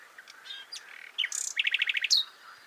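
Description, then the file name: Common nightingale song phrase: a few soft scratchy notes, a high whistle, then a rapid burst of several loud repeated notes ending in a sharp high note. "Luscinia megarhynchos"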